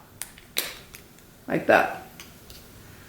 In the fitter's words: you hear that pop don't worry it's completely normal it's just the the lens unseating